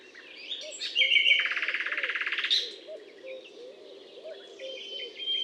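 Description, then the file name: Common nightingale delivering a loud, fast, pulsing trill of repeated notes after brief whistles, followed by softer notes, with lower wavering calls in the background. Recorded at Butte calcaire de Gratacap, France, on 19 May 2012. "rossignol philomele Butte calcaire de Gratacap F"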